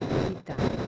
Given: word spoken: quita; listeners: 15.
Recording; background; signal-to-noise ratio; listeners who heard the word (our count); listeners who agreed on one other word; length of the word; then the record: one Spanish word in noise, from a listening test; noise modulated by one talker; -9.9 dB; 1 of 15; 7 of 15; 0.47 s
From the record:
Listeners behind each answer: 7, 1, 1, 1, 1, 1, 1, 1, 1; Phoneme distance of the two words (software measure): 10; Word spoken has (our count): 2 syllables, 4 phonemes, stress on syllable 1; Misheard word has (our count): 2 syllables, 4 phonemes, stress on syllable 1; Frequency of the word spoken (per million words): 17.72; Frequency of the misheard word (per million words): 49.69